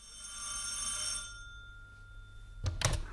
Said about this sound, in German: Da läutete das Telefon.